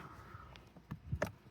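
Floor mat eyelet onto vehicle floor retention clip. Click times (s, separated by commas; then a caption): 1.2 s. A LASFIT TPE floor mat's eyelet is turned into place and pushed down onto the floor retention clip of a 2026 Hyundai Santa Fe. Faint handling taps at about 0.6 and 0.9 seconds lead to a sharp snap at 1.2 seconds as the mat pops onto the clip and seats.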